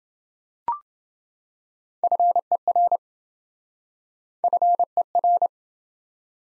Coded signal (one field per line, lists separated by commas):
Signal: Morse code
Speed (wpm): 27 wpm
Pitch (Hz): 700 Hz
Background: none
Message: FER FER